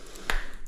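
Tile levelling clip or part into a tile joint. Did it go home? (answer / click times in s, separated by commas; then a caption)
yes / 0.3 s. On a second attempt, a small tiling part, likely a tile levelling clip or wedge, is pushed into a tile joint. It seats with a sharp, bright ping-like click at 0.3 s that rings briefly around 2 kHz over faint background hiss. The part is confirmed clicked in and fits better now.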